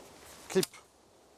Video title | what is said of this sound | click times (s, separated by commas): Le plus grand bivvy : une petite voiture rentre à l'intérieur ! | tirer sur les mâts jusqu'à ce que vous entendez un clip comme | 0.6 s